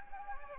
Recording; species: mosquito wingbeat signal from an infrared sensor; Anopheles gambiae